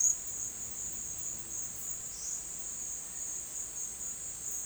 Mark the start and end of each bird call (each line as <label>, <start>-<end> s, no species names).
bird call, 0.00-3.64 s